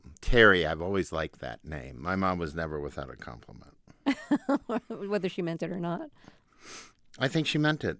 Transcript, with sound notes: Terry, I've always liked that name - my mom was never without a compliment.
(Laughter) Whether she meant it or not.
I think she meant it.